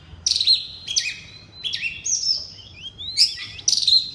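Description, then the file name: Oriental magpie-robin giving several loud bursts of whistled and slurred notes, with short gaps between. Loud song in the ngeplong style. "suara kacer ngeplong keras"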